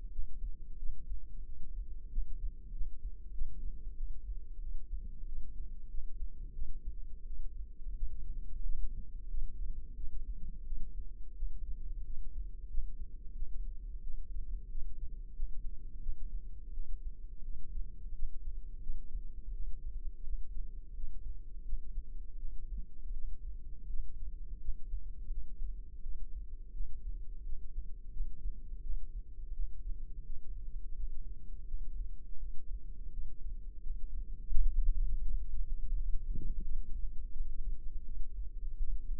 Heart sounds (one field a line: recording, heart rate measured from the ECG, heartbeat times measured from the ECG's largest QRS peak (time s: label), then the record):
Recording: heart sounds by microphone in the left ear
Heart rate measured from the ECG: 87 bpm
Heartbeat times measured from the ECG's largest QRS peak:
0.10 s: heartbeat
0.77 s: heartbeat
1.44 s: heartbeat
2.10 s: heartbeat
2.72 s: heartbeat
3.32 s: heartbeat
3.95 s: heartbeat
4.59 s: heartbeat
5.26 s: heartbeat
5.89 s: heartbeat
6.53 s: heartbeat
7.25 s: heartbeat
7.95 s: heartbeat
8.64 s: heartbeat
9.28 s: heartbeat
9.95 s: heartbeat
10.65 s: heartbeat
11.35 s: heartbeat
12.04 s: heartbeat
12.68 s: heartbeat
13.34 s: heartbeat
14.02 s: heartbeat
14.69 s: heartbeat
15.34 s: heartbeat
16.00 s: heartbeat
16.72 s: heartbeat
17.43 s: heartbeat
18.13 s: heartbeat
18.81 s: heartbeat
19.52 s: heartbeat
20.22 s: heartbeat
20.95 s: heartbeat
21.63 s: heartbeat
22.37 s: heartbeat
23.12 s: heartbeat
23.87 s: heartbeat
24.59 s: heartbeat
25.29 s: heartbeat
26.01 s: heartbeat
26.72 s: heartbeat
27.43 s: heartbeat
28.11 s: heartbeat
28.81 s: heartbeat
29.52 s: heartbeat
30.24 s: heartbeat
30.94 s: heartbeat
31.65 s: heartbeat
32.38 s: heartbeat
33.11 s: heartbeat
33.81 s: heartbeat
34.50 s: heartbeat
35.21 s: heartbeat
35.94 s: heartbeat
36.62 s: heartbeat
37.31 s: heartbeat
38.03 s: heartbeat
38.77 s: heartbeat
From the record:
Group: healthy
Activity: rest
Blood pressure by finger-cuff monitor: 132/78 mmHg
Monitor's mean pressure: 95 mmHg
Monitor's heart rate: 87 bpm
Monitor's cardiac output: 7.1 L/min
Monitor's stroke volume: 81 mL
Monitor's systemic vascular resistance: 980 dyn s/cm5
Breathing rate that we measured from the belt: 20 breaths a minute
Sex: female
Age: 26 years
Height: 165 cm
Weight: 55 kg